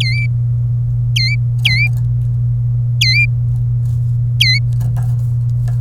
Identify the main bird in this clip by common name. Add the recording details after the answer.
Domestic Canary. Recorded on 27 April 2018 at 13:03. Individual llb3